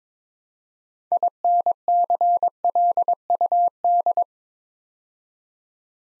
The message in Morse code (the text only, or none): INCLUD